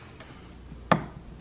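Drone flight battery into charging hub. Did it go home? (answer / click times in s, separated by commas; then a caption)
yes / 0.9 s. A Mavic Mini drone flight battery is pushed into its plastic charging hub and seats with one sharp, bright click at 0.9 s. Faint soft rustles come just before and after the click.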